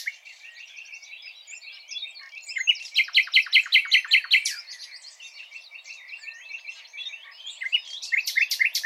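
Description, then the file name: Common nightingale song: varied warbling, a loud burst of rapid repeated notes midway, then softer phrases and sharp notes at the close. "Luscinia megarhynchos"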